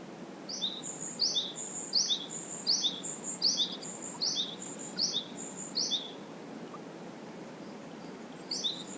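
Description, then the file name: Japanese tit calls: eight thin falling high notes with a steady high tone between, evenly repeated, then a pause and one more note, over steady background hiss. "sijyukara"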